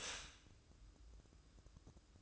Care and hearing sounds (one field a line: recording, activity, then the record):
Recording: daily activity, microphone in the room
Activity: stop toaster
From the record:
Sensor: 2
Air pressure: 1007.0 hPa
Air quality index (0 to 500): 42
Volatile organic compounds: 1 ppm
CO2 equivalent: 546 ppm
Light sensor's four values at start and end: 6/14/6/6 and 6/14/6/6